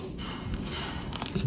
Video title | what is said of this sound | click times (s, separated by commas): WWE ELITE MONDAY NIGHT WARS RINGMASTER & BRET HART BUILDING GORILLA MONSOON REVIEW! | It's pretty good. Yeah. I didn't hear a click. | none